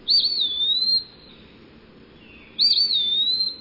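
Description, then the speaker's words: Eastern Wood-Pewee singing clear whistled phrases, each sliding down and then levelling off, given twice with about a second and a half of quiet between them. Catchy whistled song that sounds like the bird whistling its name, pee-wee; a bit harder to imitate. "The Eastern Peewee has a catchy tune, too. Pretty much whistling out its name, Peewee."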